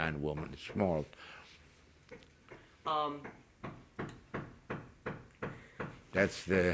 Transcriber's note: sound of hammering